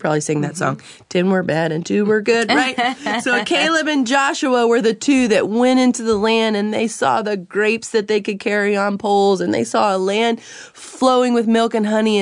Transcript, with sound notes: You probably sang that children’s song, “Ten were bad and two were good.” Right? (laughter.) So Caleb and Joshua were the two that went into the land, and they saw the grapes that they could carry on poles, and they saw a land flowing with milk and honey.